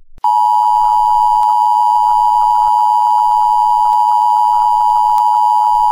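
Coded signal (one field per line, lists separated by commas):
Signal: Emergency Alert System (SAME) tones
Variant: 853 and 960 Hz attention tone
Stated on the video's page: Fictional EAS scenario, not a real alert.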